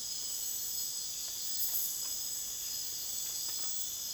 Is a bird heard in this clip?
no